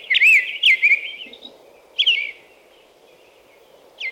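American robin giving a few short, clear, up-and-down whistled phrases, then a lone phrase after a pause and a final brief note; faint hum underneath.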